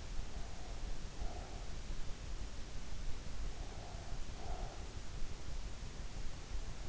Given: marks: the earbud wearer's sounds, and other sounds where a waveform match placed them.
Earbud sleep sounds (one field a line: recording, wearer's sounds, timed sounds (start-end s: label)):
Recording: sounds in sleep by an in-ear microphone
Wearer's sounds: breath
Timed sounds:
0.35-1.72 s: breath
3.50-4.93 s: breath